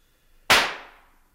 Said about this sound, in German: Ach, jetzt spielt sie schon wieder mit den Pistolen.